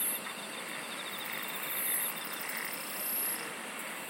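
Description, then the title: Insect song: a rapid ticking trill early on, with a few high, thin buzzes over continuous hiss. "SINGING OF INSECTS"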